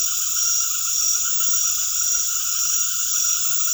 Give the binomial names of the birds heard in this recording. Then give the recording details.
none. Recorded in secondary vegetation near Puerto Asís, Putumayo, Colombia, on 20 February 2024 at 19:30. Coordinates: 0.500, -76.326. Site G6428